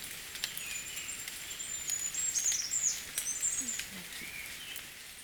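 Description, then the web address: Goldcrest singing a high-pitched, thin, rapid warbling phrase that swells in the middle, with lower faint chirps and constant hiss behind. "bird song kikuitadaki"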